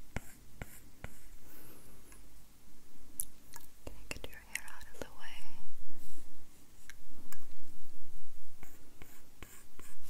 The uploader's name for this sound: ASMR Drawing You on an iPad